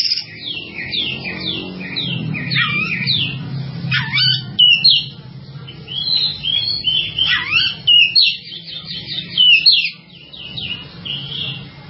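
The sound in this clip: Bird song: rapid chattering series of high notes followed by varied warbling phrases, continuous and energetic, with a low droning hum in the background.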